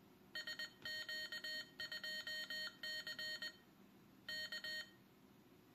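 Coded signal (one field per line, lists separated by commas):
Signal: Morse code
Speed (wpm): 20 wpm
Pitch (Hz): 1850 Hz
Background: none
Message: SQ2C K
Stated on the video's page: Morse from a Morserino device, a CW learning tool, shown working with a Morserino server.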